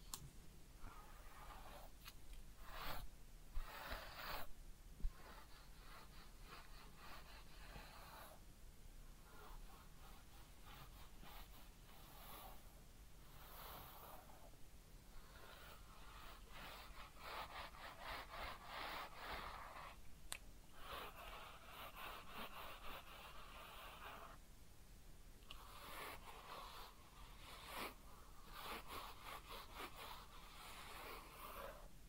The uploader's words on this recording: ASMR Real Head Massage and Ear Cleaning (No Talking).